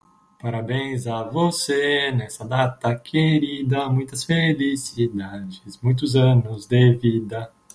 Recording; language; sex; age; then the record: short text; Brazilian Portuguese; male; 30 to 39 years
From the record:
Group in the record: control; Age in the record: 38 years